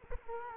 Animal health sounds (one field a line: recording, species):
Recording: mosquito wingbeat signal from an infrared sensor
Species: Culex quinquefasciatus